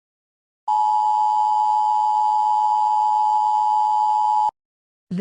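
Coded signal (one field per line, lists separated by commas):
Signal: Emergency Alert System (SAME) tones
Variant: 853 and 960 Hz attention tone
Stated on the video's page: Mock alert for a fictional global thermonuclear war.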